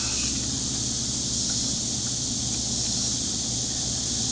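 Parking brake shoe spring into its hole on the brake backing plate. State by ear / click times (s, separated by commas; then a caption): not seated / none. A steel parking-brake shoe spring on a Ford 8.8 rear axle is positioned and shifted toward its hole on the brake backing plate. Only a steady hiss and low hum are heard, with a few faint handling noises. Nothing has seated or clicked yet.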